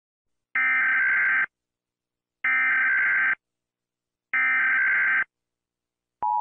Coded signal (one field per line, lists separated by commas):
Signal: Emergency Alert System (SAME) tones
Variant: header bursts